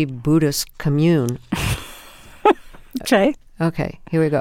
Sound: laughter

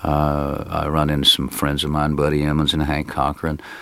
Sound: none

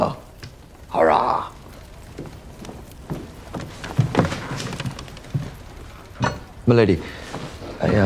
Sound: soundbite of footsteps

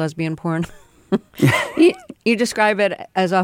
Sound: laughter

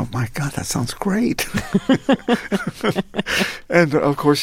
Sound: laughter

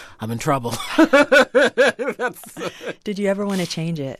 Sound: laughter

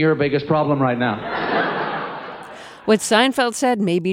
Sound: laughter

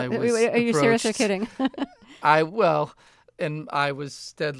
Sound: laughter

